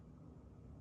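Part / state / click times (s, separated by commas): folding knife blade into ball bearing lock of handle / not seated / none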